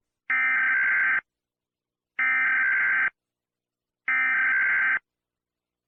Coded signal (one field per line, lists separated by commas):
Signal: Emergency Alert System (SAME) tones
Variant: header bursts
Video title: EAS Scenario - The Happy Bear (Part 4) Collaboration with @pierosebastiani-eas